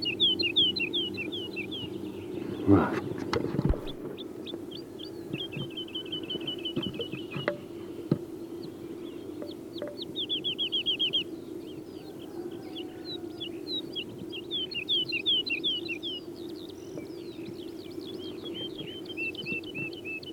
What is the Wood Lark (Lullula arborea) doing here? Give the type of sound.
song